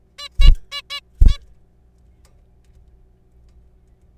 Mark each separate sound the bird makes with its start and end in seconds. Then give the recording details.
0.19-0.28, 0.41-0.50, 0.72-0.81, 0.90-1.00, 1.28-1.38. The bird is a juvenile. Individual R3428